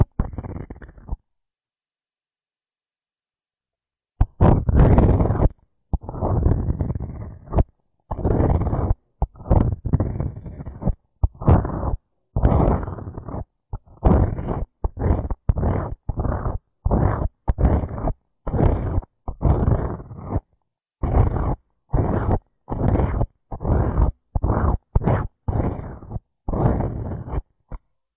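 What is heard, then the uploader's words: Muffled rubbing and scratching of ear picking and massage. After a brief sound and a silent gap of about three seconds, dense low rumbling strokes repeat in quick, fairly regular bursts, each with a faint brighter scrape on top. Ear picking and ear massage, experience instant sleep.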